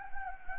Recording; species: mosquito wingbeat signal from an infrared sensor; Anopheles gambiae